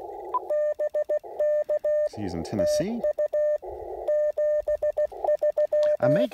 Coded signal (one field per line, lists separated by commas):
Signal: Morse code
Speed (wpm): 16 wpm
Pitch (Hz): 600 Hz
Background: speech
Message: BK TU 73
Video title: Real-time CW POTA activation of Elk Knob State Park with the Icom IC-705 transceiver